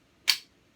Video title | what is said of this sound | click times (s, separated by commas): Glamping At Its Finest! - You may want to think twice before jumping in and buying an RV!! | So you hear a click like that, | 0.3 s